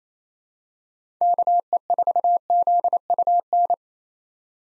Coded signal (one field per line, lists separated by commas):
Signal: Morse code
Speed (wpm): 27 wpm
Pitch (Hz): 700 Hz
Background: none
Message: KE4ZUN